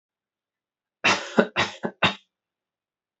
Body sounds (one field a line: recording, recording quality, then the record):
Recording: shallow voluntary cough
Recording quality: excellent, no background noise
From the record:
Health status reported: healthy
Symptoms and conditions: none ticked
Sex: male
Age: 23 years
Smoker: not ticked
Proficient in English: yes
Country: India